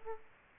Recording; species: mosquito wingbeat signal from an infrared sensor; Aedes aegypti